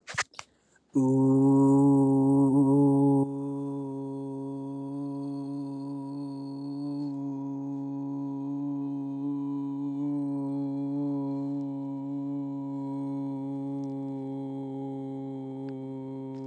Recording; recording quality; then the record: sustained vowel as in boot; excellent, no background noise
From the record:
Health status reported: healthy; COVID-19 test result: negative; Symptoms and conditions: cough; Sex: male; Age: 22 years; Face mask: not worn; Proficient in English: yes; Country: India